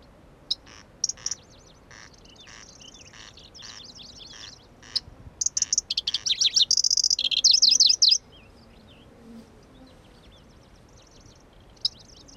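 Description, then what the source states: Pallas's grasshopper warbler song: scattered ticks and soft trills swell into a loud rush of quick slurred notes and buzzy trills, then fading ticks. Recorded at Kuda on 25 June 2012.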